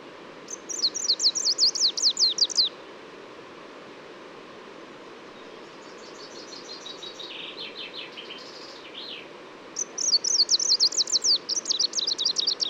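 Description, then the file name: Greenish warbler singing two bursts of quick, high, jerky notes, with a softer run of different chirping notes in the pause between them. Subspecies viridanus, recorded at Labská důl, Czech Republic, on 26 May 2018. "180526 BIO greenishw-viridanus-1-M-S cz labska-dul"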